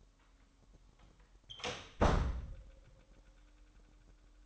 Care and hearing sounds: daily activity, microphone in the room; close door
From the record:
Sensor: 3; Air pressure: 998.3 hPa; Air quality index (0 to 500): 138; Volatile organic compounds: 4 ppm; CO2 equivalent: 1655 ppm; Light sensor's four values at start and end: 17/47/19/18 and 17/47/19/18

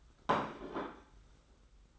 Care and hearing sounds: daily activity, microphone in the room; place plate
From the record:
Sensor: 3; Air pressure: 991.8 hPa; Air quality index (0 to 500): 181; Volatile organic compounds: 1000 ppm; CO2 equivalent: 6054 ppm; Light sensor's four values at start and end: 26/77/30/27 and 26/77/32/27

